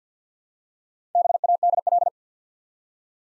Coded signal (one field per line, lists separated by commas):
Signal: Morse code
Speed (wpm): 50 wpm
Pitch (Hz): 700 Hz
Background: none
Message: BADL